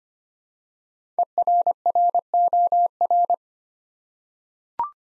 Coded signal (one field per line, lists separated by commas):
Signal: Morse code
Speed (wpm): 25 wpm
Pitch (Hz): 700 Hz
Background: none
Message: ERROR